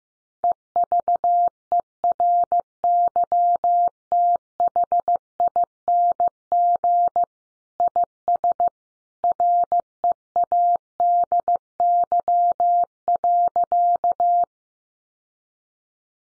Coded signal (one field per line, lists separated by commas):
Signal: Morse code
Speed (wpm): 15 wpm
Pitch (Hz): 700 Hz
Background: none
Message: EVERYTHING IS READY.